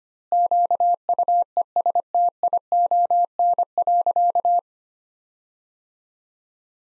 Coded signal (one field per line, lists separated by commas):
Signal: Morse code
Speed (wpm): 25 wpm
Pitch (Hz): 700 Hz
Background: none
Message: QUESTION.